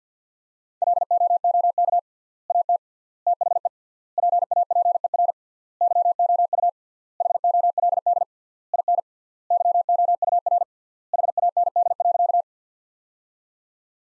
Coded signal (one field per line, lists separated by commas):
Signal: Morse code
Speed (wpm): 50 wpm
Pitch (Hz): 700 Hz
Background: none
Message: LOOK AT THE PAPER YOU HOLD IN YOUR HAND.